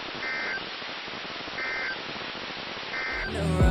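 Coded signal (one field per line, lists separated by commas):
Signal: Emergency Alert System (SAME) tones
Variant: end-of-message bursts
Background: speech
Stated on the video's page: Weekly tests.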